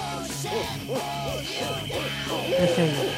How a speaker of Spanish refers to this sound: Sí, ahí está el búho. Hielo. Ahí está. Atrapado en la maleja. ¿Qué está? ¿Oyes? El búho Bartolo, ¿eh? Vamos a ponerle ese nombre.